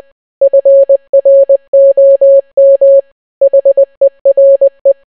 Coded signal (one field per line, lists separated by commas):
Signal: Morse code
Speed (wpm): 20 wpm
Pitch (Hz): 550 Hz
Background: none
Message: FROM HERE